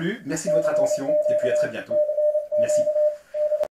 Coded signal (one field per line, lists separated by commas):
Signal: Morse code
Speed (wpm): 29 wpm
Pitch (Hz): 600 Hz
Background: speech, radio noise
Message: CQ CQ D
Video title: valise radio resistance - modern WW II spy suitcase